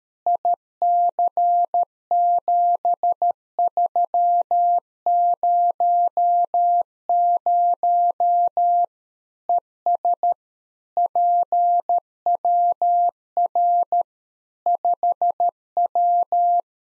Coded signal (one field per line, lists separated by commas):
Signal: Morse code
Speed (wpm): 13 wpm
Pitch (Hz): 700 Hz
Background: none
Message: IC7300 ES PWR 5W